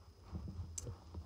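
The second screw post of a metal horse halter nameplate is pushed through a pre-punched hole in the strap of an HEC halter, with low muffled handling and rubbing first. At 0.8 s a short, sharp click is heard as the post pops into the hole and seats, followed by a faint softer tick near 1.2 s.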